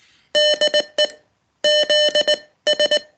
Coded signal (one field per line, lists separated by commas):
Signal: Morse code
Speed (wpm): 19 wpm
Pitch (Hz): 600 Hz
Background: none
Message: DE ZS